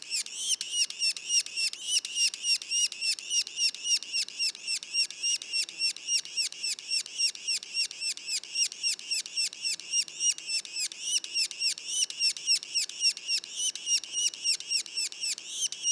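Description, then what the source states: Yellow-bellied sapsucker young calling: a long, steady series of harsh notes, repeated several times per second from start to finish. Juveniles; Mont-Orford National Park, Quebec, Canada.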